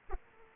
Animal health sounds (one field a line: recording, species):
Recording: mosquito wingbeat signal from an infrared sensor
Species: Aedes aegypti